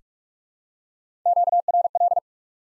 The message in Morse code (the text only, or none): QRL